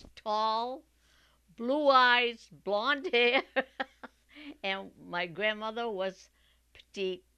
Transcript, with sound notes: He was tall, blue eyes, blonde hair. ( she laughs ) And my grandmother was petite.